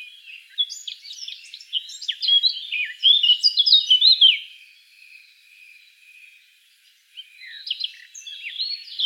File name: Sylvia atricapilla